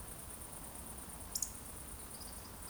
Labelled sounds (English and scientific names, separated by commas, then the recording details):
Eurasian Woodcock (Scolopax rusticola) whistle
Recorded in Baden-Württemberg, Germany, on 25 June 2020 at 20:22 UTC
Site 14569, 102 m above sea level